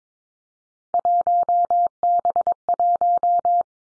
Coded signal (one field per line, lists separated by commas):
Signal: Morse code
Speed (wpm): 22 wpm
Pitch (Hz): 700 Hz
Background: none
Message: 1B1